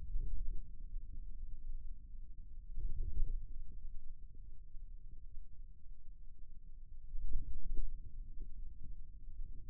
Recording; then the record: forearm muscle sounds (acoustic myography)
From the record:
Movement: wrist flexion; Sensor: system 2, bracelet of six BSWA MPA416 microphones around the upper forearm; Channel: 1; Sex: male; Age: 22 years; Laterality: right